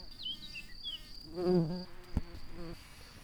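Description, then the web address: Red-shanked carder bee buzzing, a low droning hum that swells for about half a second and returns briefly later, with faint high whistles early on and a sharp click. Workers. "Ruderarius workers"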